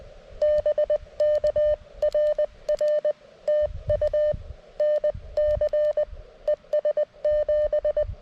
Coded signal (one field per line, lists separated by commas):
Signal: Morse code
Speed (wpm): 20 wpm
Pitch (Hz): 600 Hz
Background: none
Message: BK RR TU NC ES 7